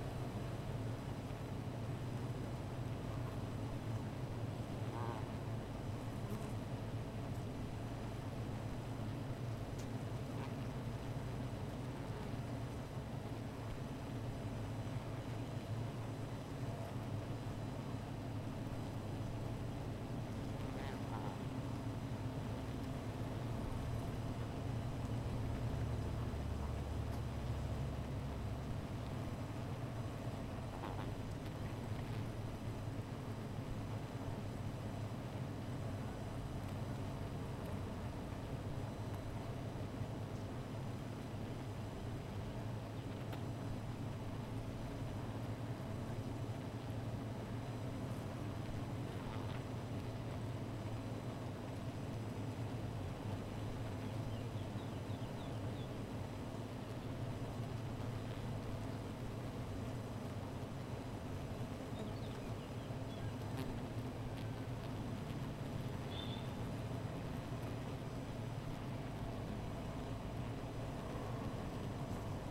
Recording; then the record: honeybee colony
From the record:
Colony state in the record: missing queen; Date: 14 July 2017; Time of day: 15:47